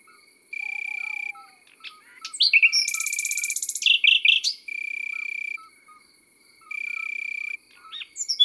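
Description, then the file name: Common nightingale delivering a rich phrase with a buzzy rattling trill and slurred whistles, framed by repeated pulsing cricket trills and soft low notes. Countryside setting. "Rossignol philomele - Chants d'oiseaux dans la campagne"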